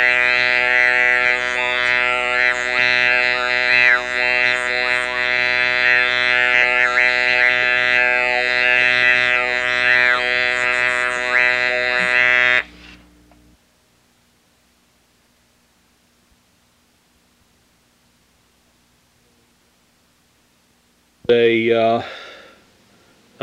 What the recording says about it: Read a brief passage for you with the electrolarynx held in front of my lips a longer sample of speech so uttered. Paragraph from Brideshead Revisited.